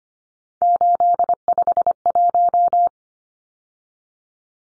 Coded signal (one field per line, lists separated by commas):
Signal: Morse code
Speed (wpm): 25 wpm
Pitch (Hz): 700 Hz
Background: none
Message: 851